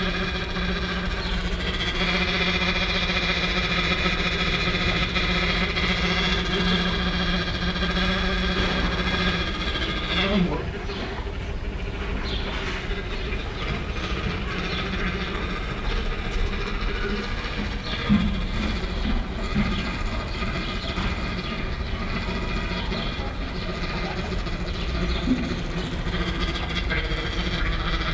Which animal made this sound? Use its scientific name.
Melursus ursinus